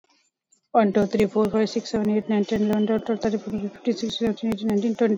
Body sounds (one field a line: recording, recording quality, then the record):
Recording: counting at a normal pace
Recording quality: excellent, no background noise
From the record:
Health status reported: COVID-19 positive, no symptoms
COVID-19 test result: positive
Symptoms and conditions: cough, cold, fever, muscle pain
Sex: female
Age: 35 years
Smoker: no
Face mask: worn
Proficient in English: yes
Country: India